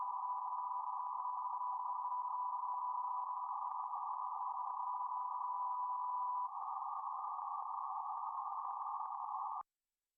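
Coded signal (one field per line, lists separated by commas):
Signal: PSK31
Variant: BPSK31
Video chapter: 0:20 KN4KQJ DE KF5NRU BPSK31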